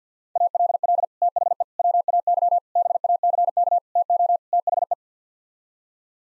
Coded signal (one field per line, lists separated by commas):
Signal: Morse code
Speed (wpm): 50 wpm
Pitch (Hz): 700 Hz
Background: none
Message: ALL THE WAY BACK TO THE